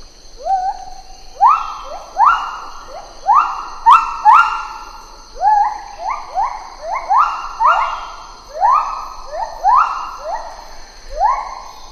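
Lar gibbon calls, a long series of rising hoots, some overlapping, over a steady high drone.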